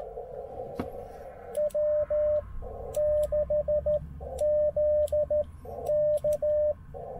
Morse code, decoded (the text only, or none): W6ZK